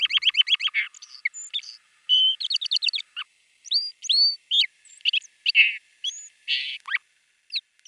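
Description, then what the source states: Song Sparrow plastic song: a rapid trill of repeated notes, then varied whistles, buzzy bursts and wavering slurred notes strung together in loose, broken fragments. Four-month-old young male in the plastic stage of song learning; recognizable adult syllables, but wobbly notes not arranged into distinct songs.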